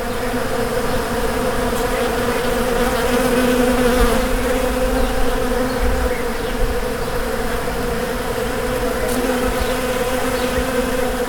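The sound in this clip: Bees buzzing: a continuous swarm drone, steady in pitch, with loudness swelling and easing slightly throughout.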